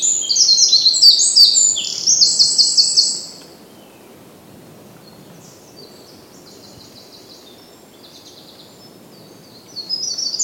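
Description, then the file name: Eurasian wren singing a loud, fast jumble of high trills, then a quiet stretch with faint song, and a final loud burst. "Troglodytes troglodytes"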